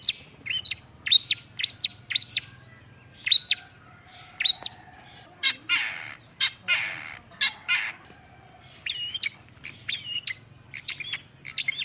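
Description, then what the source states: Long-tailed shrike song: sharp, high whistled notes rising and falling, mixed with harsh, scratchy bursts in the middle, delivered in quick irregular phrases throughout. Song with tokay gecko imitations, called isian tokek in Indonesian.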